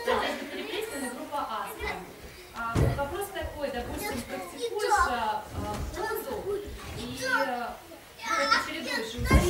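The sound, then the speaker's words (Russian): A child's high, lively voice chatters on and off in the background, with bursts of playful vocalizing and a soft chuckle amid some clattering household sounds. “Да там ребенок просто.”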